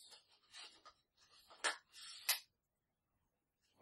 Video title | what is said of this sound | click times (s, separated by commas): Canon EW-72 lens hood unboxing - Canon EF 35mm f2 IS USM lens thoughts and samples - 5D Mark III | okay clicks right into place but it's locked with a little button | 2.3 s